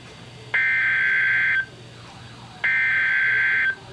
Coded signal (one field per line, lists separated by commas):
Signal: Emergency Alert System (SAME) tones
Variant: header bursts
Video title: EAS Alert #46